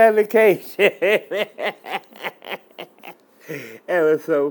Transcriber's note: laughter